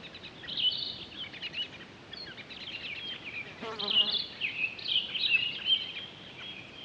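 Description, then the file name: Townsend's solitaire singing a long, rambling warble of high, quick notes, with a brief buzzy sound midway. On 23 October 2011. "20111023 townsends-solitaire"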